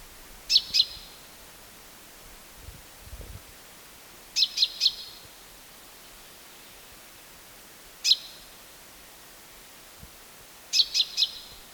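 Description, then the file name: Common chaffinch calls: short, sharp, high notes given singly or in clusters of up to three, repeated every few seconds, with a few soft low thumps. "Fringilla coelebs"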